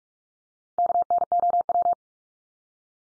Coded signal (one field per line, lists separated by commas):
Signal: Morse code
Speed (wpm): 44 wpm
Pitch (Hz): 700 Hz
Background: none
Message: KNOW